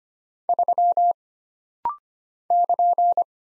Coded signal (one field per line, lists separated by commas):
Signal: Morse code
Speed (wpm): 25 wpm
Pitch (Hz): 700 Hz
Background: none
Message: 3 <KN>